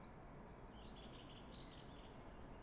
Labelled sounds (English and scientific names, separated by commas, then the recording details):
Song Thrush (Turdus philomelos)
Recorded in Germany
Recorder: ecoPi